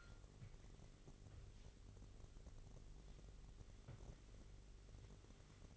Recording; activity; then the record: daily activity, microphone in the room; wipe stove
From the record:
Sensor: 4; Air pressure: 1002.4 hPa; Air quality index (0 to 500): 216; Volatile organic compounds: 12 ppm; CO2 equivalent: 2336 ppm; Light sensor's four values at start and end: 19/67/24/24 and 19/67/24/24